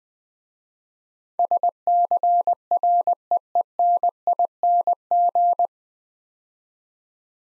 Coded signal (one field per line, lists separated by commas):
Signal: Morse code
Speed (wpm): 20 wpm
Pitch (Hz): 700 Hz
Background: none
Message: SCREENING